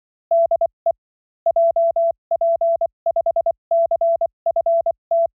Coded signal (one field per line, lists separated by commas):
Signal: Morse code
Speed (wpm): 24 wpm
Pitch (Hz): 670 Hz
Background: none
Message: DE JP5CFT